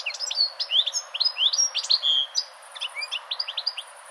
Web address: chant Chardonneret